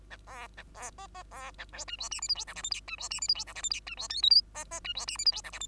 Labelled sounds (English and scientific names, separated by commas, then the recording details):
Bengalese Finch (Lonchura striata domestica) song
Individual Bird2